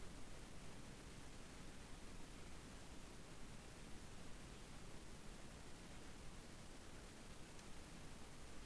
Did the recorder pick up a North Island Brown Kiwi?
no